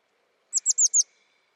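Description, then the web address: Bird call: four high, clipped notes, each dropping in pitch, given in one fast even run, with a faint steady hum behind. "cianscape birddata Deverinetal 2025 Bird Only"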